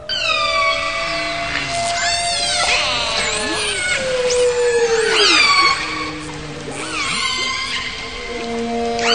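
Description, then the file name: Whales and dolphins producing many overlapping whistles that sweep up and down, with harmonics, over continuous background hiss. "valaat ja delfiinit"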